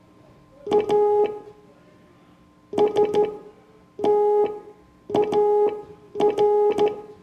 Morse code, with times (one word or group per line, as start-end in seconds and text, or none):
0.7-1.3 A
2.8-6.9 STAR